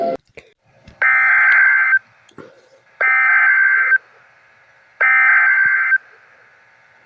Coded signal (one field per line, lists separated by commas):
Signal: Emergency Alert System (SAME) tones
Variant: header bursts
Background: speech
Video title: EAS Scenario #4 Robert the Shark error Part 1 (With Sirens)